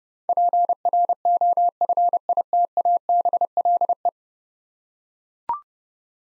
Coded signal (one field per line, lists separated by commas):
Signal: Morse code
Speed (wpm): 30 wpm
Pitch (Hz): 700 Hz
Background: none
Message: PROFITABLE